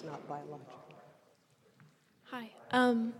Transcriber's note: indistinct conversation